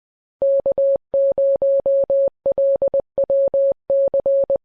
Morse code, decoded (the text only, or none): K0LWC